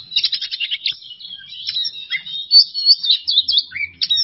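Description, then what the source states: Oriental magpie-robin in a short, dense run of high trilled notes and sweet whistles. Masteran training recording for songbirds; kacer song in 'bongkar isian emosi' style.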